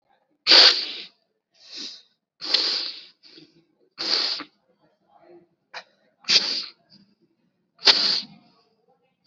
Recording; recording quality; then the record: deep breathing; excellent, no background noise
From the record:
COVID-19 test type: RT-PCR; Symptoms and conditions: fever, muscle pain, another condition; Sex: male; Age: 18 years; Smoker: no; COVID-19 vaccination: both doses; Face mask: worn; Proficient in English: yes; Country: India